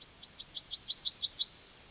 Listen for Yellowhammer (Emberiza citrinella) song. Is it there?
yes